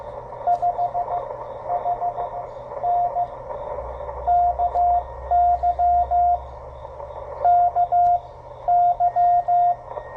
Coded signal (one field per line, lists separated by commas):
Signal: Morse code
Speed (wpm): 16 wpm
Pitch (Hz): 700 Hz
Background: radio noise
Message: 5 HN KY KY